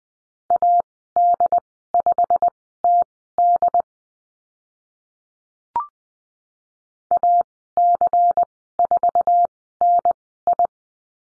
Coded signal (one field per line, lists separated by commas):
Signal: Morse code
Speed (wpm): 20 wpm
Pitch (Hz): 700 Hz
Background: none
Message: AD5TD AC4NI